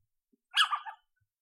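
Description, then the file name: Little owl uttering one brief, hoarse, rasping call that wavers slightly before fading, otherwise quiet. Female. "Sycek obecny samice"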